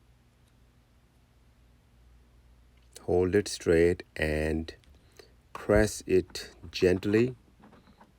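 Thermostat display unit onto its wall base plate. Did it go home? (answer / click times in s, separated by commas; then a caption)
no / none. A Google Nest Thermostat display unit is held straight and pressed gently toward its wall-mounted base plate while someone talks, with a few faint, brief handling sounds around the speech. The clip ends before the display snaps onto the base plate; nothing has seated or clicked yet.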